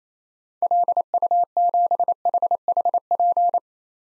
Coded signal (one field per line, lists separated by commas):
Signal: Morse code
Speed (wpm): 27 wpm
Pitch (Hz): 700 Hz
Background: none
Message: LU7HHP